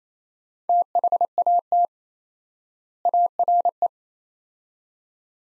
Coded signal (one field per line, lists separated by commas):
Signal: Morse code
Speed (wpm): 27 wpm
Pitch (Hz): 700 Hz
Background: none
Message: THAT ARE